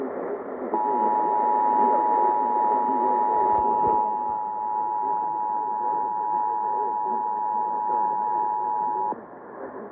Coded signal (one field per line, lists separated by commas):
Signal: Emergency Alert System (SAME) tones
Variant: 853 and 960 Hz attention tone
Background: speech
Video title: EAS #3043 Child Abduction Emergency on WTMJ-AM